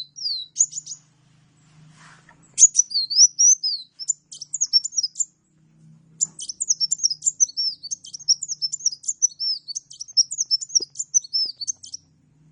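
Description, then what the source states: Oriental magpie-robin singing: sweet slurred whistles and quick twittering phrases, two short gaps in the first half, then a long run of bright, varied notes; faint low hum beneath. Champion kacer singing lively (gacor); master song used for bird training.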